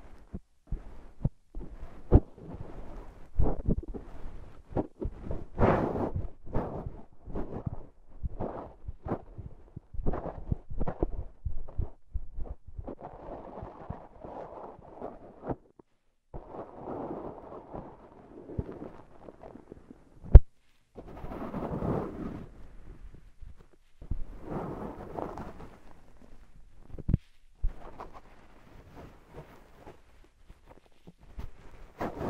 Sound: Satisfying Slime Sand Triggers